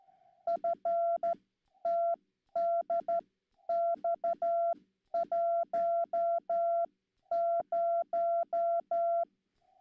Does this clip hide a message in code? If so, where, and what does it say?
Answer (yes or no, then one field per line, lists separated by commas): yes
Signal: Morse code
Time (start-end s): 0.5-9.2 s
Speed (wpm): 12 wpm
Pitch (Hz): 680 Hz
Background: none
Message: FTDX10